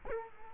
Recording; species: mosquito wingbeat signal from an infrared sensor; Culex quinquefasciatus